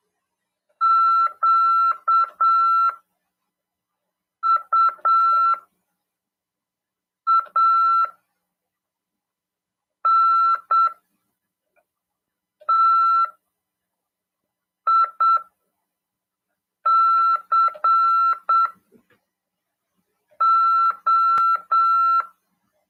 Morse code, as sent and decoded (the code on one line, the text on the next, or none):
--.- ..- .- -. - .. -.-. ---
QUANTICO